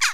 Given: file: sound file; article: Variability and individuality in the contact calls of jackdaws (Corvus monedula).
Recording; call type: jackdaw call; harmonic